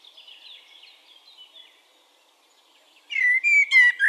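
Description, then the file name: Eurasian blackbird: faint thin twittering at first, then a loud phrase of clear, rich fluted notes near the end. "Turdus merula"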